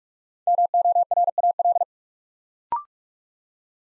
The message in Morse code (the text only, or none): MORAL